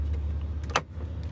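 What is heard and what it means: A replacement power window switch assembly is shoved back down into the car door, and its small plastic tabs are pushed into the door panel cover over a steady low hum. A couple of faint ticks lead into one sharp click at 0.8 s as the tabs snap into place, with a soft tick after. The switch assembly is seated.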